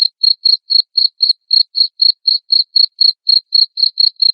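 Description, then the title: Cricket chirping, a click at the very start, then evenly repeated high chirps at roughly four per second. Loud cricket chirping played to make lovebirds sing continuously. "Suara JANGKRIK NGERIK Keras Bikin LOVEBIRD Jadi NGEKEK Terus Vubey"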